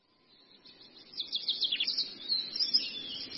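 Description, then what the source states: Long-tailed shrike song, starting from silence and rising into a quick sequence of high, sharp chattering notes and brief trills. Masteran recording of song used to train cage birds.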